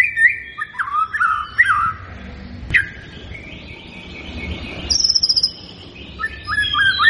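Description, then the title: White-rumped shama: songbird with whistled, rising-and-falling phrases, then a long hissing stretch with a brief high trill before whistles resume. Lure song to make the bird respond; constantly singing bird. "PANCINGAN MURAI BATU GACOR, LANGSUNG RESPON"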